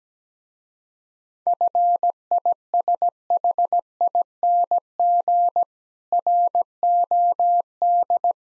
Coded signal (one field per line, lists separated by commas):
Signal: Morse code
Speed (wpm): 17 wpm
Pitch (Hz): 700 Hz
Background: none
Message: FISHING ROD